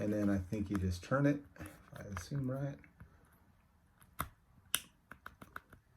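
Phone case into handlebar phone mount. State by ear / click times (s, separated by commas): seated / 4.8 s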